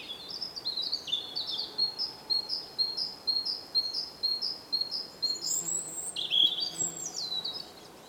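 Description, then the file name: European robin giving a series of short, high, sharp notes, ending in a jumble of higher squeaky notes. "Erithacus rubecula"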